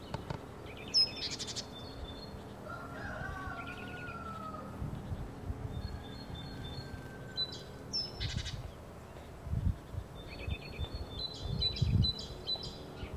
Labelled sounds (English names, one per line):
Great Tit